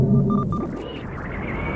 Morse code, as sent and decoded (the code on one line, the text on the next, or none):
none